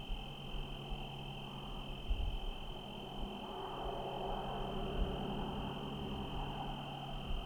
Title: Trinity County, Californie, États-Unis d'Amérique - 17_10_25_05_06 grillons nuit voitures PLUIE